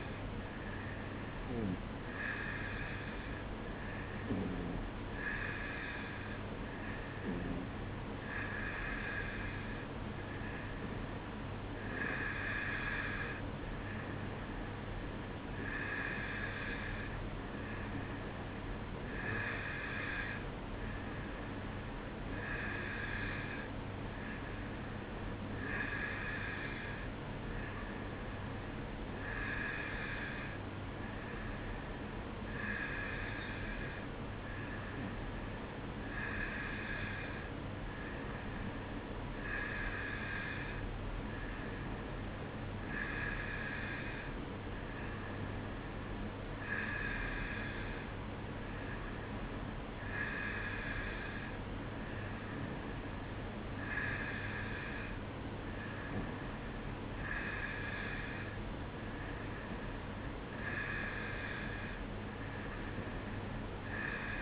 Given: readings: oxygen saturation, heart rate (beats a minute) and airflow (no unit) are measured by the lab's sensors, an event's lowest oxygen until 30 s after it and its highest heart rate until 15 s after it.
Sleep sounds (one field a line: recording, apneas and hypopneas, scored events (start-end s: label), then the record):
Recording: breathing in sleep by a voice recorder at the bedside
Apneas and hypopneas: none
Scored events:
none scored
From the record:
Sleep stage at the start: N2 (light sleep)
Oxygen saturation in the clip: 91 to 92%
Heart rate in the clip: 55 to 58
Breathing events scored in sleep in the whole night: 305 in 9.6 hours asleep